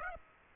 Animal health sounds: mosquito wingbeat signal from an infrared sensor; Aedes aegypti

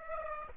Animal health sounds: mosquito wingbeat signal from an infrared sensor; Aedes aegypti

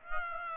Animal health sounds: mosquito wingbeat signal from an infrared sensor; Aedes aegypti

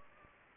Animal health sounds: mosquito wingbeat signal from an infrared sensor; Anopheles gambiae

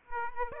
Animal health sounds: mosquito wingbeat signal from an infrared sensor; Aedes aegypti

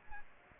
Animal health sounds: mosquito wingbeat signal from an infrared sensor; Aedes aegypti

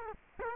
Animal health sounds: mosquito wingbeat signal from an infrared sensor; Culex quinquefasciatus

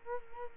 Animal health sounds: mosquito wingbeat signal from an infrared sensor; Culex quinquefasciatus

